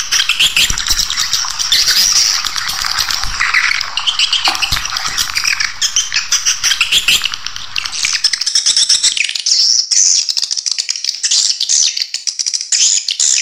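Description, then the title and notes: Swiftlet calls, a continuous high twittering chorus with wavering chirps, becoming choppier and pulsed in the last few seconds. Swiftlet sound used in bird farming in Asia. "Swiflet Bird Sound. Farming Swiflet Bird asia sound"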